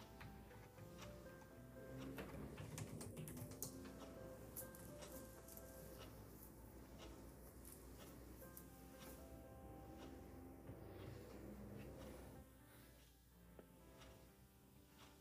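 Soft lo-fi instrumental music plays under a busy stream of keyboard typing, with quick irregular clicks crowding the first twelve seconds. The typing thins out after about twelve seconds, leaving the mellow chords and a faint ticking clock.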